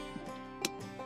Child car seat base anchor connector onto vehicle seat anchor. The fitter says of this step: Here, a nice click there.